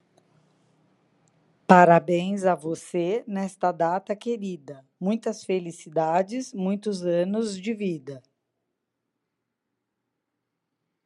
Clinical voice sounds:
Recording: short text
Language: Brazilian Portuguese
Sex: female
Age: 50 to 59 years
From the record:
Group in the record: control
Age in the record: 59 years

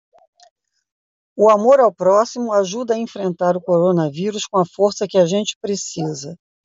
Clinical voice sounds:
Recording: spoken sentence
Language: Brazilian Portuguese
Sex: female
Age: 60 to 69 years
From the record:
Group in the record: control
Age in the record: 67 years

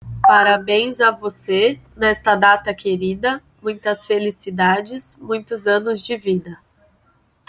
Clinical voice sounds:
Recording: short text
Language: Brazilian Portuguese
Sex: female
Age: 30 to 39 years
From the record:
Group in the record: control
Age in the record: 31 years

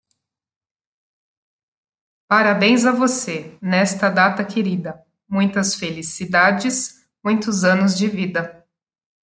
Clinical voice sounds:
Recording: short text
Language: Brazilian Portuguese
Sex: female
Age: 30 to 39 years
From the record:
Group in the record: control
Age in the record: 35 years

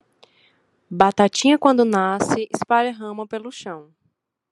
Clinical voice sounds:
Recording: short text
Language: Brazilian Portuguese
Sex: female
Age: 20 to 29 years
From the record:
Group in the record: control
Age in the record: 29 years

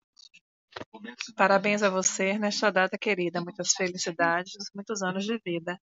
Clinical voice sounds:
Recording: short text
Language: Brazilian Portuguese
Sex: female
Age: 40 to 49 years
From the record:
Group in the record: control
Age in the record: 42 years

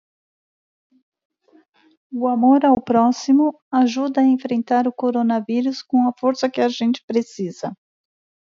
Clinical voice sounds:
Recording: spoken sentence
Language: Brazilian Portuguese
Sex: female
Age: 50 to 59 years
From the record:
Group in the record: control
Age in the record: 51 years

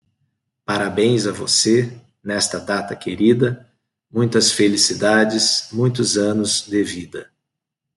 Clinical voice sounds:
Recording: short text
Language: Brazilian Portuguese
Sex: male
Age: 40 to 49 years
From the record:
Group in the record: control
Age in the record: 43 years

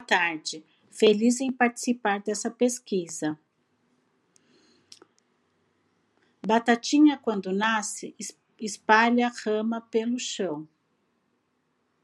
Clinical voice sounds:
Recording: short text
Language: Brazilian Portuguese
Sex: female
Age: 50 to 59 years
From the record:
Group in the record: control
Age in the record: 56 years

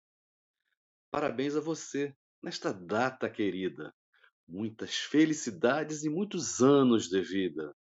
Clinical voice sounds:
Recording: short text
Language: Brazilian Portuguese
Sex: male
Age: 50 to 59 years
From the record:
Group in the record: control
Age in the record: 56 years

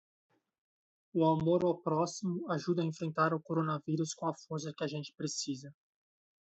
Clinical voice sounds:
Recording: spoken sentence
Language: Brazilian Portuguese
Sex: male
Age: 30 to 39 years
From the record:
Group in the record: control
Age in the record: 35 years

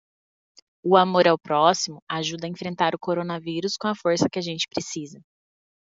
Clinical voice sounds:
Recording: spoken sentence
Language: Brazilian Portuguese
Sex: female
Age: 20 to 29 years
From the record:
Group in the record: control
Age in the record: 25 years

